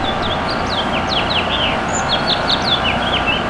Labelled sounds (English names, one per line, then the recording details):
House Finch song
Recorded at West Islip on Long Island, New York, on 18 May 2013
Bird M